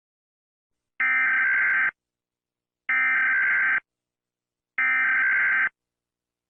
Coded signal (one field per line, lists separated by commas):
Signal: Emergency Alert System (SAME) tones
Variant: header bursts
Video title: EAS Scenario: Fleetway's Wrath